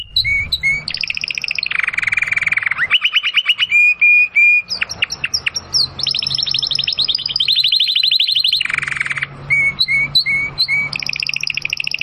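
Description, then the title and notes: Domestic canary singing a varied run of fast trills, rolling phrases and steady whistled notes that shift pitch throughout, over a low background hum. Belgian canary singing; labelled 'Campainha'. "Canário Belga Campainha Canary Singing. Canario Belga Cantando"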